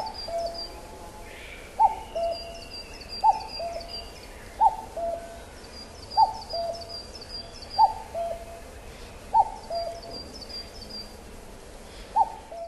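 Common cuckoo calling its clear two-note falling cu-coo, repeated about every 1.5 seconds, while other small birds trill and twitter high in the background.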